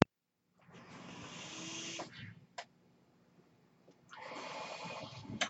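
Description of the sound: Two long, steady whooshes of rushing air, each about one and a half seconds, are separated by a quiet pause with a brief click. This is the rhythmic airflow of a person's own mechanical ventilator delivering breaths.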